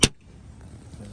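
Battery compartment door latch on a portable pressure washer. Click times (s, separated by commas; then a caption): 0.0 s. The battery compartment door on a Greenworks portable pressure washer is closed and its latch snaps shut with one sharp click at 0.0 s, followed by quiet low background noise. The door latches and locks in place.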